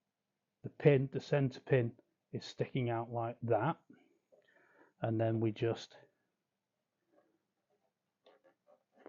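A plastic push-pin body clip, its centre pin sticking out, is put into the air intake hole of a Suzuki GSX-R1000 K4 motorcycle and lined up before the pin is pushed home. Someone talks, followed by a few faint handling sounds and small ticks near the end. Nothing has seated or clicked yet.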